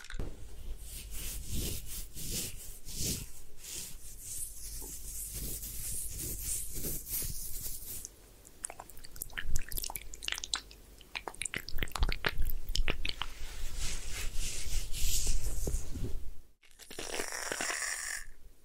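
Head spa hair wash and massage: dense, irregular rubbing and scratching with crackly bursts, a brief silence near 16.5 seconds, then steadier rubbing.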